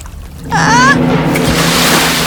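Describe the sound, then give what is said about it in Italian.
A sudden splash bursts in about halfway through as a shrunken Alice falls into a sea of salty water made of her own tears, followed by steady rushing, churning water. A short rising cry cuts across the splash, and a low, steady hum runs underneath throughout. “Sono in qualche modo caduta in mare?”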